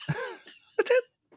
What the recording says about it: I held it in so tight. I still made a sound. I made like a sneeze sound. I tightened my vocal cords so much that when the sneeze came out, I sounded like a completely different person. It sounded like a mouse sneezing. Just like really high pitch and tight.